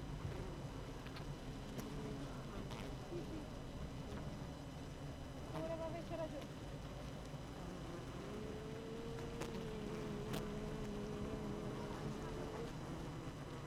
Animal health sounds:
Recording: honeybee colony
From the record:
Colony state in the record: active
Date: 12 June 2018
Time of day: 8:03

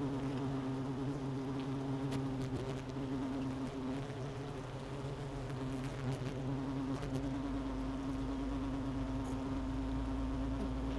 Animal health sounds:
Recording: honeybee colony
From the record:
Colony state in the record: missing queen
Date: 31 May 2018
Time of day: 11:16

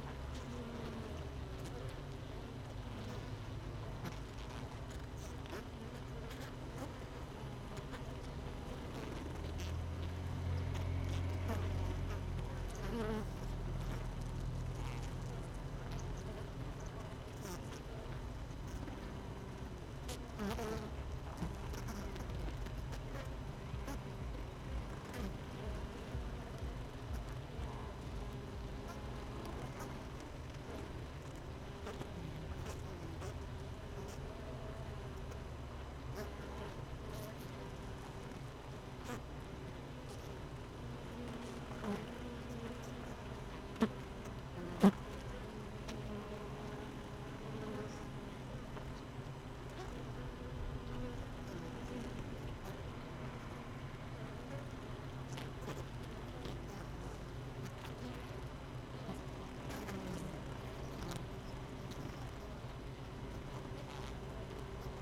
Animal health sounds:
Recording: honeybee colony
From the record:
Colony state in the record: missing queen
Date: 31 May 2018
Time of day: 17:07

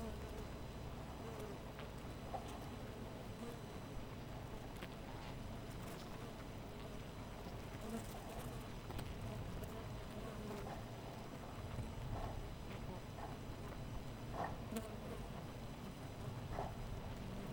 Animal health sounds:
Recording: honeybee colony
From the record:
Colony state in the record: missing queen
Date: 14 July 2017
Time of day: 5:38

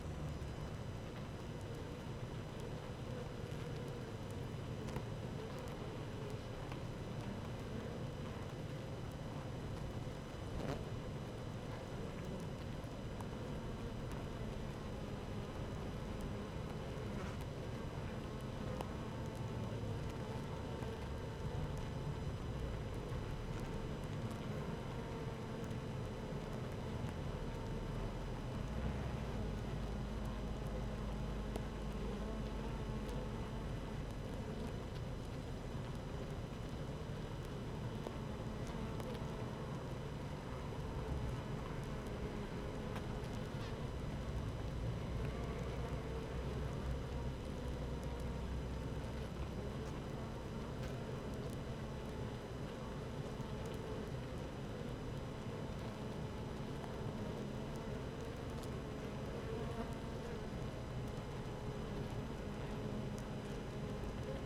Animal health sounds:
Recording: honeybee colony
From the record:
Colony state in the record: active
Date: 12 June 2018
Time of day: 15:00

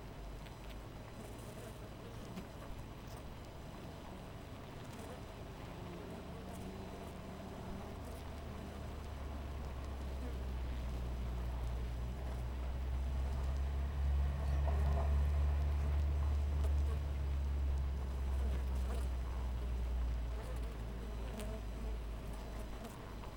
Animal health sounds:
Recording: honeybee colony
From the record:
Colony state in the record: missing queen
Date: 14 July 2017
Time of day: 4:47

